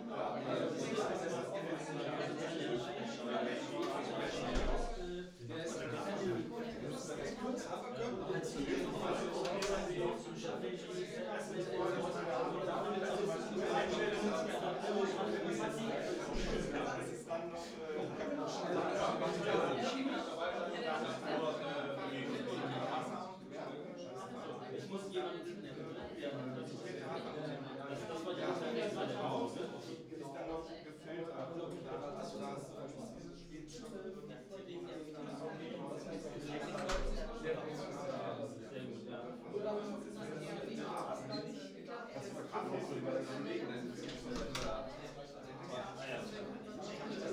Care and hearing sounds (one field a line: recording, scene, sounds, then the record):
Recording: everyday scene through a hearing-aid microphone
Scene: many people talking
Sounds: many voices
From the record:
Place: bistro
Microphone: in the ear canal, right